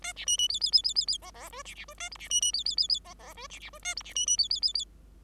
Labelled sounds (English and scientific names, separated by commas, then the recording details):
Bengalese Finch (Lonchura striata domestica) song
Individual Bird5